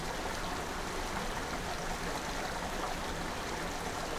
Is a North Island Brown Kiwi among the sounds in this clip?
no